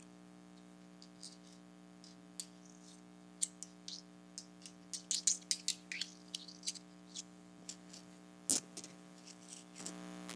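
Tiny rocks are tapped together in short, bright clicks, sparse at first, then coming in quick clusters around the middle before thinning out again. One sharper knock lands near eight and a half seconds. A steady low hum runs underneath throughout.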